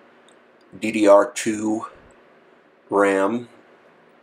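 A 1 GB DDR2 laptop memory stick is handled over its RAM slot on the logic board of a 2008 MacBook Pro, where it will be pressed down until the side clips catch. Someone talks in three short bursts over a quiet background. The module has not seated or clicked into the slot yet.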